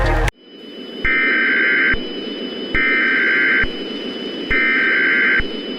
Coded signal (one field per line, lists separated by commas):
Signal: Emergency Alert System (SAME) tones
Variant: header bursts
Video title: EAS Scenario: The Midnight Sun: 2025 REMASTERED. #easscenario